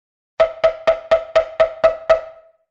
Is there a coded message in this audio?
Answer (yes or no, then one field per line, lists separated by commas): no